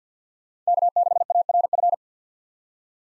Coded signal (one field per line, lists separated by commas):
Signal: Morse code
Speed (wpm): 50 wpm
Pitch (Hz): 700 Hz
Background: none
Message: K6ARF